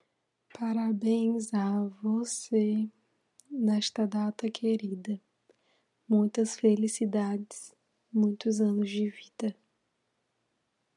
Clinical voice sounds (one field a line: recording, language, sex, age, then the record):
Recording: short text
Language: Brazilian Portuguese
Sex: female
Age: 20 to 29 years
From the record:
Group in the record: control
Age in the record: 23 years